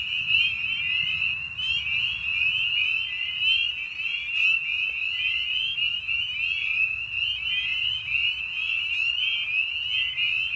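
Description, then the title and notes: Spring peepers in full chorus, high peeps blending into a continuous shrill ring. Evening at a frog pond. "Night of the Peepers. Species in Focus: Spring Peeper (Pseudacris crucifer). Ian Carlsen"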